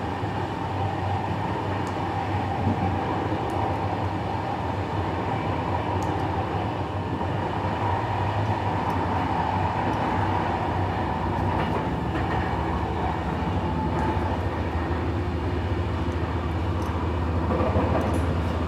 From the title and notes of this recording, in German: Abendliche Zugfahrt, ratternde Gleise | Train ride, rattling tracks. Entspanne mit dem beruhigenden Rattern einer abendlichen Zugfahrt, kaum Menschen und viel Stille im Abteil.